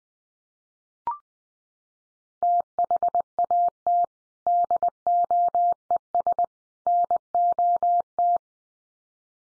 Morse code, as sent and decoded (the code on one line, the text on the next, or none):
- .... .- - / -.. --- . ... / -. --- -
THAT DOES NOT